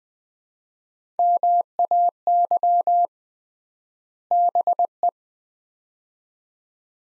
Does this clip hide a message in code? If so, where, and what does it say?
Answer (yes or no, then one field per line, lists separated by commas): yes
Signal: Morse code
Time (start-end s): 1.2-5.1 s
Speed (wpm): 20 wpm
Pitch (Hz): 700 Hz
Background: none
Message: MAY BE